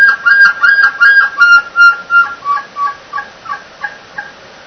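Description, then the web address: Elk bull chuckles: a fast run of about a dozen throaty, pulsed grunts with a whistled overtone, loud at first and fading steadily in volume over roughly four seconds. "bowsite. elkcontest elk 2001 soundfiles bull"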